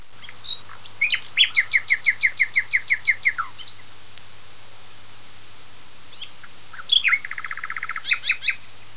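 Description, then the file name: Common nightingale singing two phrases: a long run of evenly repeated notes, then after a quiet gap a second rapid stuttering burst, with a faint low hum beneath. "usignolo"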